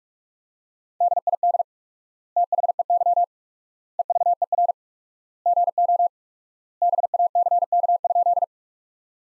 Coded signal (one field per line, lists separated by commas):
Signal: Morse code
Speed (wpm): 46 wpm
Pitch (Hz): 700 Hz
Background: none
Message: DID THEY EVER GO BACK?